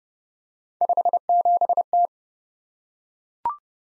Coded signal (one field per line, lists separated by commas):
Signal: Morse code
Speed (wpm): 28 wpm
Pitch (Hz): 700 Hz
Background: none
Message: 57T